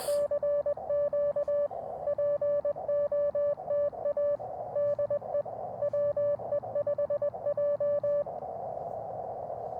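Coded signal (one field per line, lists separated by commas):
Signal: Morse code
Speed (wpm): 21 wpm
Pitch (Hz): 580 Hz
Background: none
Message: CQ POTA DE WE5J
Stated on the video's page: CW Parks on the Air activation with an Elecraft KX2, AX1 antenna and a paddle key, on 40m at 7.063 then 20m at 14062.5; modest pile-ups.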